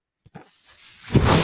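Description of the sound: Two faint clicks, then a rising airy whoosh: a home mechanical ventilator delivering a breath.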